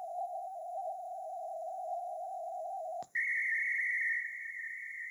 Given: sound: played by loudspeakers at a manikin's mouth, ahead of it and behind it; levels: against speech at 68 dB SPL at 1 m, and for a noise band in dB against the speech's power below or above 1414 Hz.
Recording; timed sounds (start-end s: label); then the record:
test signals for a remote microphone
0.00-3.02 s: noise band at 707 Hz, +10 dB
3.15-5.10 s: noise band at 2000 Hz, +10 dB
From the record:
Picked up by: remote microphone A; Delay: 47 ms